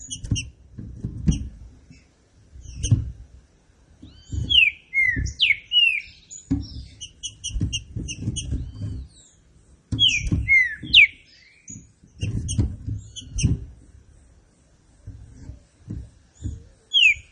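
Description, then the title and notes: Green-winged saltator repeating rich falling whistled phrases several times, accompanied by quick high chirps and soft low knocks. Classic song style of the green-winged saltator, presented for training. "Canto Clássico Trinca Ferro TREINAMENTO. trinca fero"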